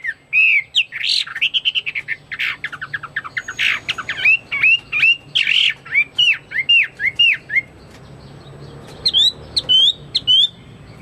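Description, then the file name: Chinese hwamei song of varied whistles and buzzy notes, then a steady series of repeated slurred whistles, a pause, and a few high notes. "omkicau hwamei"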